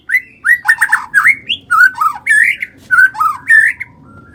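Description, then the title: White-rumped shama song: loud, varied whistled phrases sliding between low and high notes, delivered in quick bursts with short gaps throughout. "murai batu"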